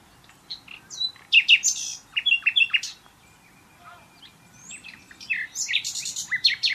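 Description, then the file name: Common nightingale singing sharp chirps and short slurred phrases in bursts, a brief steady whistle in a lull, then more rapid chattering notes. "Luscinia megarhynchos"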